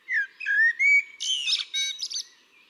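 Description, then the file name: Eurasian blackbird song: a run of mellow whistled notes that climb slightly, followed by a harsh, buzzy high twitter at the end. "Turdus merula"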